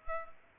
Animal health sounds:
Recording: mosquito wingbeat signal from an infrared sensor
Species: Culex pipiens

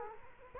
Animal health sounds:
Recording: mosquito wingbeat signal from an infrared sensor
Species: Culex quinquefasciatus

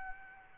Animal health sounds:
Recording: mosquito wingbeat signal from an infrared sensor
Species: Aedes albopictus

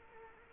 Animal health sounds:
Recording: mosquito wingbeat signal from an infrared sensor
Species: Culex quinquefasciatus

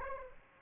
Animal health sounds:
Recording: mosquito wingbeat signal from an infrared sensor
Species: Aedes aegypti

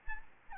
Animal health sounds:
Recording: mosquito wingbeat signal from an infrared sensor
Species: Aedes albopictus

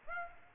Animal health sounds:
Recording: mosquito wingbeat signal from an infrared sensor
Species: Aedes aegypti

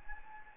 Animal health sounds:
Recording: mosquito wingbeat signal from an infrared sensor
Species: Anopheles gambiae

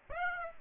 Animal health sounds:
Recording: mosquito wingbeat signal from an infrared sensor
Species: Aedes aegypti

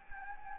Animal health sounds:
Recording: mosquito wingbeat signal from an infrared sensor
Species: Anopheles gambiae

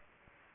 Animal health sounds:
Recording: mosquito wingbeat signal from an infrared sensor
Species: Aedes aegypti

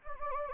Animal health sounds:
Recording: mosquito wingbeat signal from an infrared sensor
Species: Anopheles gambiae

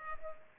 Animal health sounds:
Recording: mosquito wingbeat signal from an infrared sensor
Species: Culex pipiens

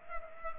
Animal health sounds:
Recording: mosquito wingbeat signal from an infrared sensor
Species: Culex pipiens

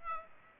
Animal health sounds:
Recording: mosquito wingbeat signal from an infrared sensor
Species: Aedes aegypti

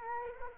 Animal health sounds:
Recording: mosquito wingbeat signal from an infrared sensor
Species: Culex quinquefasciatus

